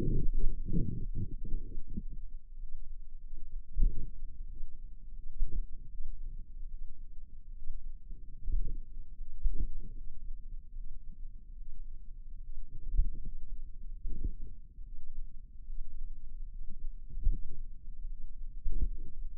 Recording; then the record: forearm muscle sounds (acoustic myography)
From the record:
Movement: finger pinch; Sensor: system 2, bracelet of six BSWA MPA416 microphones around the upper forearm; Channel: 4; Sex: female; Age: 23 years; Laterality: right